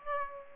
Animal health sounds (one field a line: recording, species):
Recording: mosquito wingbeat signal from an infrared sensor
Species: Aedes aegypti